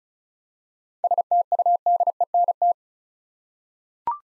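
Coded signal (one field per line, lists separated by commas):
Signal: Morse code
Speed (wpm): 36 wpm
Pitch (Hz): 700 Hz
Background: none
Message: STUDENT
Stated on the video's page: Morse word-copy practice drill at 35 wpm: seven-letter words, each sent twice for head-copy training.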